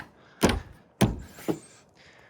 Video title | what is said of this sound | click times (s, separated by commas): F150 Anti Theft - The Final Puzzle Pieces! | Here you can hear it clicks in | 1.0 s